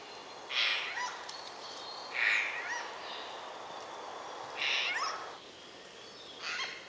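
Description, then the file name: Eurasian jay calling with four grating, hoarse screeches at irregular intervals of one and a half to two and a half seconds, over a continuous low hiss. "Garrulus glandarius"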